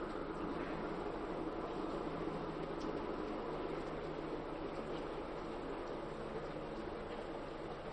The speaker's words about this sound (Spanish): Parece que hay muchos trenes hoy.